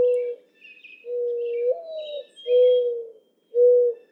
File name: Mourning Dove